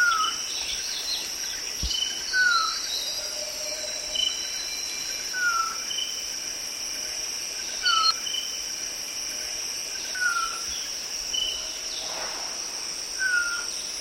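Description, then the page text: Chestnut-breasted malkoha repeating brief falling whistles every few seconds, with constant shrill insect buzzing and faint higher chirps behind. "Mike Nelson - Каштановогрудая кустарниковая кукушка (Phaenicophaeus curvirostris)"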